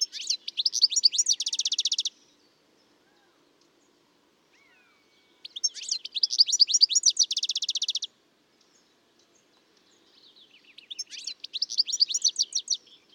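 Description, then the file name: European goldfinch twittering in three bursts of rapid, tinkling, high notes, each about two to three seconds long, separated by pauses of a few seconds, with one faint thin note in between. "Carduelis carduelis"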